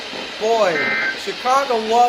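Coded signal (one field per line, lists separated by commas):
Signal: Emergency Alert System (SAME) tones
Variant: end-of-message bursts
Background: speech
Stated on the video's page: Real EAS alerts captured from weather radio and FM broadcast stations during a derecho severe weather event.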